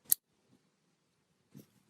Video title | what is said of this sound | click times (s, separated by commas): WPV-CERT Handheld Radio Training | until you hear a click | 0.1 s